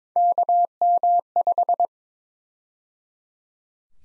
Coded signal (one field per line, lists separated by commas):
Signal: Morse code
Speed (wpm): 22 wpm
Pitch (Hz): 700 Hz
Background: none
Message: KM5